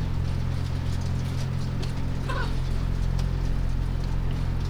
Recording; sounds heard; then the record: poultry house recording; sick chickens (respiratory disease)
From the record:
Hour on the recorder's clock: 3